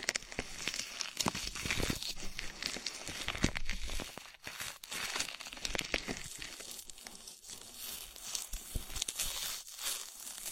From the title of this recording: Body oil massage and bubble bath